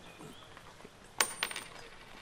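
A single coin drops and strikes a hard surface with a bright metallic clink, followed by a few quick, fading rattles as it settles, with nothing else but faint background hiss.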